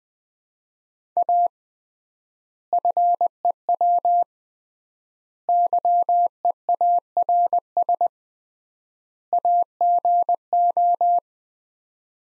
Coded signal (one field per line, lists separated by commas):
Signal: Morse code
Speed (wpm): 21 wpm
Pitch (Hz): 700 Hz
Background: none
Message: A FEW YEARS AGO